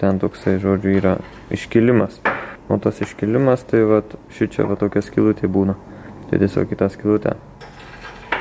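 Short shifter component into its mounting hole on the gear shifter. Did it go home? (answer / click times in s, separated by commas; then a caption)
yes / 8.3 s. Someone talks while pushing a short shifter part into its mounting on the gear shifter so that its raised bump locks into a small hole. A sharp click at 8.3 s marks the part snapping into the locating hole and seating.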